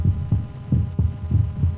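Steady paired lub-dub thumps, about 95 a minute, with a regular rhythm: a normal adult heartbeat with a soft background hum.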